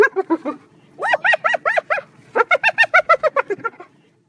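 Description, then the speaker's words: Spotted hyena laughter: three bursts of rapid, high, giggling notes, each note rich in harmonics, the final burst running on longest and trailing off lower. Laughing sound given mostly after being attacked or when chased by another hyena; one of about a dozen vocalizations of the species. "That's the so-called laughter of a spotted hyena. Spotted hyenas make about a dozen different vocalizations and are most likely to make that laughing sound after being attacked or when they're being chased by another hyena."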